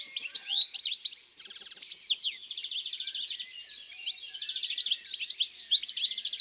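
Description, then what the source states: European greenfinch singing a lively medley of twittering notes broken by a few fast rattling trills. In the countryside.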